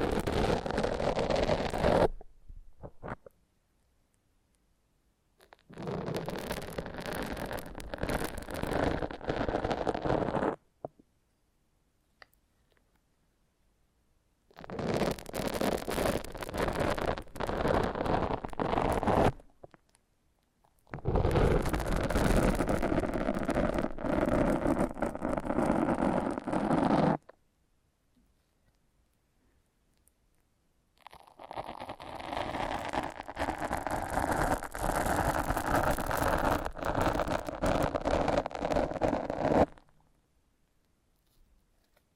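Foam massage sounds come in five separate bursts of dense, rough rubbing and squeaking, each lasting roughly four to seven seconds. Between them are short stretches of near silence. The rubbing is fairly steady within each burst, with a low rumble underneath and a hissy top.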